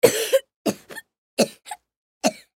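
Five short, harsh cough bursts in about two and a half seconds from a young boy.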